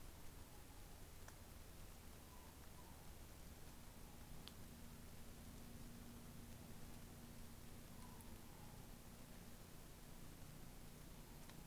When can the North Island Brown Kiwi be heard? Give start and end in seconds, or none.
none